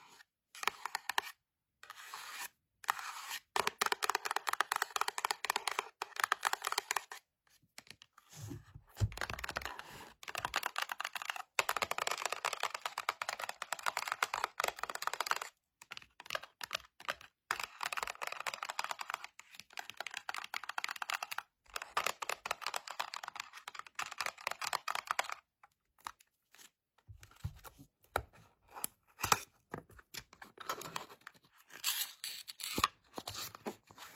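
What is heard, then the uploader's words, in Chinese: Fingernails tap and slide in rapid, crisp bursts of clicking, bright and dry like quick typing. The flurries run dense for a few seconds at a time, broken by brief silent pauses around 8, 15 and 25 seconds. 指甲触发！指尖滑动、敲击音。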